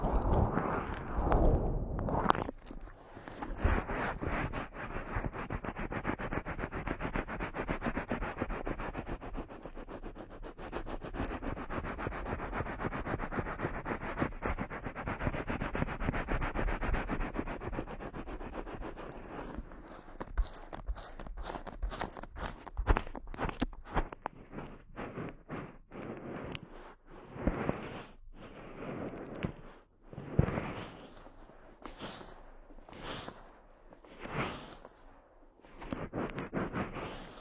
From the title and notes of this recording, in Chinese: 疗愈SPA！头部调理，深度放松。